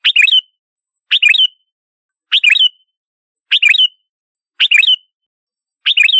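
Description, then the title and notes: Sooty-headed bulbul song: a crisp, bubbling phrase of a few rising and falling notes, repeated about every second. "Kicau Burung Kutilang"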